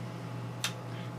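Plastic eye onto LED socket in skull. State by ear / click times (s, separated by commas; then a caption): seated / 0.6 s. A plastic eye is pushed back onto the LED socket in a talking skull prop's eye socket and pops into place. A single short, sharp click sounds at 0.6 seconds against a steady low hum, and the eye is seated.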